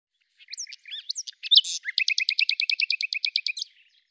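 Bird song: a few squeaky, varied high notes, then a fast, even trill of many repeated notes that stops abruptly.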